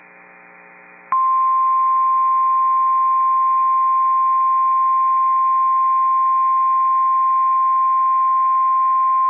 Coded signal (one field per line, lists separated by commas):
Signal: Emergency Alert System (SAME) tones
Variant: 1050 Hz attention tone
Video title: Severe Thunderstorm Warning (ND) (8/8/25) [EAS #249]